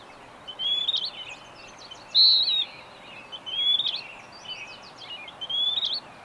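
Bird song: several whistled phrases at uneven intervals, a strong note around two seconds, among quick chirps and a constant faint hiss.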